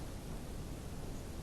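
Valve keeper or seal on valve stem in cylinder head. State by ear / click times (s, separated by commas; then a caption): not seated / none. A valve keeper or seal on a valve stem in a cylinder head is being handled and pushed toward place, but nothing has seated or clicked yet. Only steady, broadband noise with low rumble is heard throughout the 1.5 seconds, with no distinct click.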